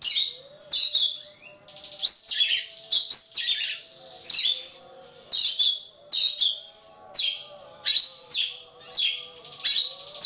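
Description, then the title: Oriental magpie-robin song: loud, sharp whistled notes sweeping downward, delivered in quick bursts roughly every half second to second, with faint low tonal hum beneath. Kacer poci form; national champion competition bird; chatty (gacor) singer using nembak (shooting) and ngerol (rolling) song styles; seven song types every three minutes. "Kacer Poci Gacor Nembak Dan Ngerol Juara Nasional. 7 macam suara kacer setiap 3 menit"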